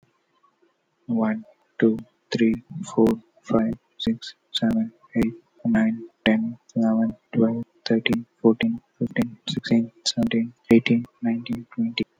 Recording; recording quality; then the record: counting at a normal pace; excellent, no background noise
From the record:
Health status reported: healthy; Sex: male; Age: 25 years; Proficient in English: yes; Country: India